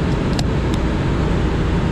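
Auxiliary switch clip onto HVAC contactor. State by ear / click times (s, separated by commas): seated / 0.4 s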